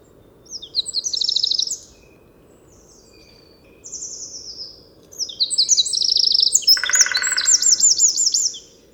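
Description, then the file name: Eurasian wren delivering short high trilled bursts, then a long, rushing run of sharp notes ending in a fast trill; a coarse buzzy note intrudes briefly. "Troglodytes troglodytes"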